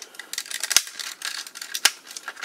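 Two rigid plastic tabs on the main body of a 1993 TOMY DX Grandsaurer transforming robot toy are lined up with the two tabs on its cannon barrel and pressed together. Light plastic rattling and handling ticks lead up to a sharp snap at 1.9 s as the cannon barrel clips securely onto the robot body.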